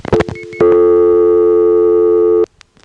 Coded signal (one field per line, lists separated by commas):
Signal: telephone call progress tone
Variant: North America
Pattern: dial tone